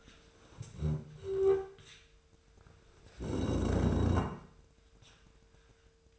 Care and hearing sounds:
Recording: daily activity, microphone in the room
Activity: stand up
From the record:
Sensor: 2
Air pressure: 1005.1 hPa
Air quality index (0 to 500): 102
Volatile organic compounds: 2 ppm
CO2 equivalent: 1233 ppm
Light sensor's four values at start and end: 7/17/7/7 and 7/17/7/7

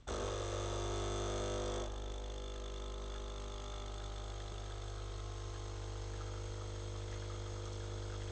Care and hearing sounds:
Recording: daily activity, microphone in the room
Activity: make coffee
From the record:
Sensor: 4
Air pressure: 992.5 hPa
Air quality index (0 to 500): 142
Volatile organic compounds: 77 ppm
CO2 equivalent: 3583 ppm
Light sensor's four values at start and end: 16/56/20/21 and 18/62/22/23

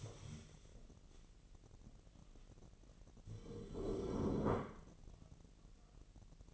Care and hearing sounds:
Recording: daily activity, microphone in the room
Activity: stand up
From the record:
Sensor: 4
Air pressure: 1002.6 hPa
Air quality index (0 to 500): 249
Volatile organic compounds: 34 ppm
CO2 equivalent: 3039 ppm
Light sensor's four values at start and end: 11/24/10/10 and 11/24/10/10

